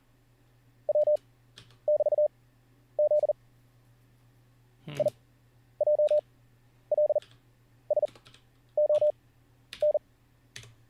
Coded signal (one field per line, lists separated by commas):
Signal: Morse code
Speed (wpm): 40 wpm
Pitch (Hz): 600 Hz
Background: none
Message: W<BT>Z IJLSON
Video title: How To Learn Morse Code LIVE with N0SSC (Day 7)